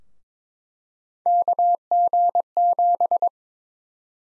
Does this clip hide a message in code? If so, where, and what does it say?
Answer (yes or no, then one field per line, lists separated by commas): yes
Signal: Morse code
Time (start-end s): 1.3-3.3 s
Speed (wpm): 22 wpm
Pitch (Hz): 700 Hz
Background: none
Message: KG7